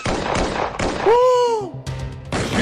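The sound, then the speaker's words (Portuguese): Sharp, loud gunshot blasts crack out in an irregular sequence, with a falling, whistle-like tone and a low hum filling the short gap between them. “Tiros!”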